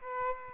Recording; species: mosquito wingbeat signal from an infrared sensor; Aedes aegypti